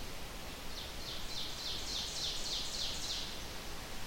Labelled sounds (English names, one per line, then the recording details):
Ovenbird song
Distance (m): 65 m
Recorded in boreal forest in Alberta, Canada, on 29 June 2016 at 08:56
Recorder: SongMeter 3, array SBT-6-79
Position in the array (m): 230 m, 46 m
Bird 39